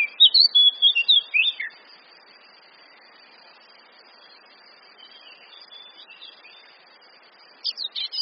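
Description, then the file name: Eurasian blackcap sound: a short burst of scratchy, whistled warbling, then a long quiet stretch with faint notes, and a brief renewed burst at the close. "Sylvia atricapilla"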